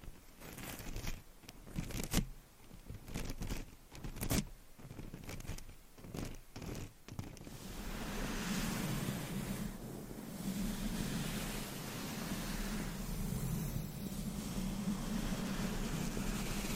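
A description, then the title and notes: Scratching and tapping fill the first half, with irregular bursts and sharp taps arriving every second or so. From about eight seconds it turns into steady, dense brushing or rubbing, a continuous rough hiss with a low hum-like undertone. ASMR 20 Up Close Triggers in 20 Minutes Scratching , Tapping , Brushing , Massage etc No Talking.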